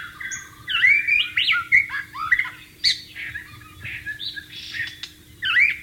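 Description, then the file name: White-rumped shama singing varied phrases of rising whistles, harsh notes and quick slurs, with short pauses between bursts and a faint low hum. Wild bird, singing in its natural habitat. "suara burung murai batu di alam liar"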